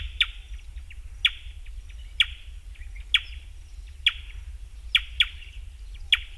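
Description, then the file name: Grey wren-warbler giving abrupt clicking calls, each followed by a short buzzy tone, about once a second with occasional doubled notes; steady low rumble underneath. "Grey Wren Warbler (Camaroptera simplex)"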